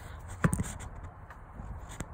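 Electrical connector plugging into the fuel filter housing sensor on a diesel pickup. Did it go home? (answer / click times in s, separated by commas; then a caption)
no / none. After a fuel filter change on a 2017 Ram 6.7 Cummins diesel pickup (2013+ filter setup), the electrical plug on the cord at the back of the fuel filter housing is handled as it is brought back toward its sensor, giving soft handling noise with brief taps near 0.4, 0.5 and 2.0 seconds. The plastic connector has not yet snapped in; nothing has seated or clicked yet.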